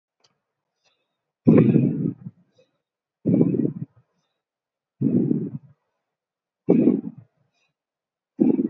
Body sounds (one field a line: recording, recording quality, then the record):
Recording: shallow breathing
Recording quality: excellent, no background noise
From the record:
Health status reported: healthy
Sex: female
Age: 21 years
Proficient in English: yes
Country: India